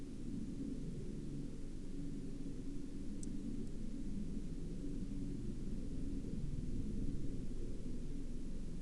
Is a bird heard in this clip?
no